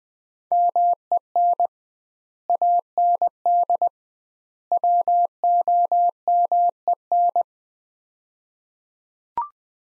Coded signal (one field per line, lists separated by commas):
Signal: Morse code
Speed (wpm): 20 wpm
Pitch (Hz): 700 Hz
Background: none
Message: MEN AND WOMEN